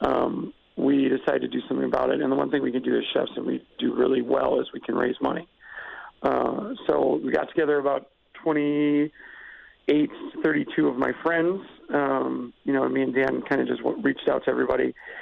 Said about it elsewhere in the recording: I got diagnosed with a rare neuromuscular disease called Kennedy's disease, and it's very similar to ALS in progression. It's a little bit slower, but, I mean, you can hear it in my voice. My voice is cracky, and, you know, it's because I'm literally losing my voice. About a year and a half, it became really real.